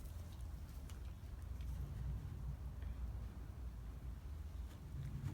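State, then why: Not seated. A Toyota Sienna sliding van door is pushed fully open, where its lower lock latch should catch and hold it open, but the door does not stay once the hand is taken off. A steady low rumble runs throughout, with a few faint, brief ticks near 0.9, 2.8 and 5.4 seconds. Nothing has seated or clicked yet, and the latch fails to catch.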